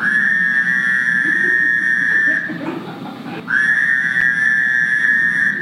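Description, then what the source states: Fowler's toad call: two long, steady nasal buzzing notes separated by a brief quieter gap. Played in a frog and toad call training class; looks like an Eastern American toad but sounds very different.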